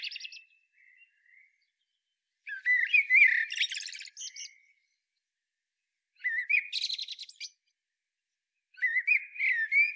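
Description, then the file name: Eurasian blackbird song: separate phrases, each a low fluted warble turning into a squeaky, high twittering flourish, repeated after pauses of silence. "Turdus merula"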